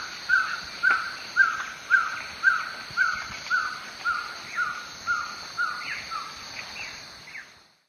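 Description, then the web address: Violaceous trogon song: a long even series of short downslurred cow notes, about two per second, gradually softening, over a steady high insect drone. Amazonian form; eastern lowlands of South America. "Natures Songs S America Eastern Lowlands. Amazonian Violaceous Trogon"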